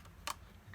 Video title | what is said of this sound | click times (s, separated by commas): Explaining sliding mechanism of mutantC | right these two clicks here and when i move here it clicks again for the closing one | 0.3 s